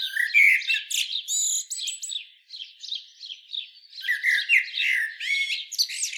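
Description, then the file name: Common blackbird singing a continuous mix of chattering twitters, sharp high squeaks and short slurred whistles, with a brief lull midway. "Turdus merula"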